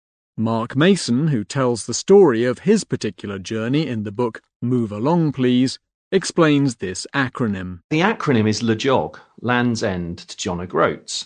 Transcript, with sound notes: Mark Mason, who tells the story of his particular journey in the book, Move Along, Please, explains this acronym:
(Standard British accent) The acronym is Lejog, Land’s End to John o’ Groats.